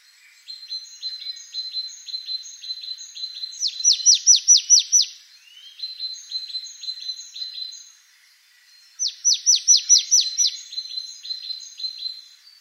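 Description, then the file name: Marsh tit giving two bursts of rapid clipped descending notes, roughly five seconds apart, over a steady thin high tone and softer twittering. Recorded 28 November 2013. "Poecile palustris 131128"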